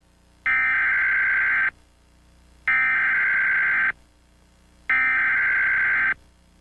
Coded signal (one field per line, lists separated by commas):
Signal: Emergency Alert System (SAME) tones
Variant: header bursts